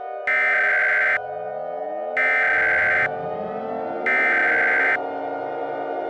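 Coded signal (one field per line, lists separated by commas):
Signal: Emergency Alert System (SAME) tones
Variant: header bursts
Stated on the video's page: Fictional EAS scenario, not a real alert.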